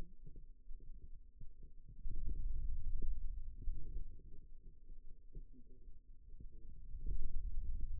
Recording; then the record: forearm muscle sounds (acoustic myography)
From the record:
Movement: pen grasping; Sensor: system 2, bracelet of six BSWA MPA416 microphones around the upper forearm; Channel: 4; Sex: male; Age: 22 years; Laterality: right